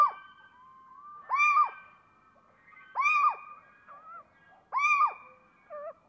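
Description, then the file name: Little owl giving three loud, harsh arched calls under two seconds apart, with a thin whistled note and short yelps in between. A pair giving various loud calls while interacting with neighbouring owls. "Little Owl Various loud calls of pair interacting with neighbours"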